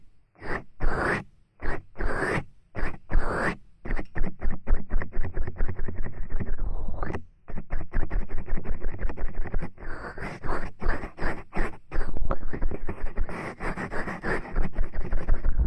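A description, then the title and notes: Bright scratching and rubbing strokes of an ear cleaning massage, slow separate swipes at first, then fast dense rhythmic scraping throughout. High-frequency trigger sound, strong numbing and stress-relieving ear cleaning massage.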